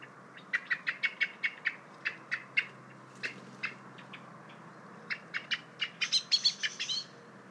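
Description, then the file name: Common blackbird rattling off fast metallic chinks in two long runs. "Turdus merula"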